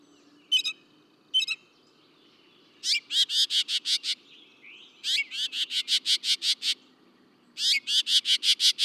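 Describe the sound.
Northern mockingbird song: two sharp notes, then three rapid buzzy trills of repeated harsh notes with short pauses between them.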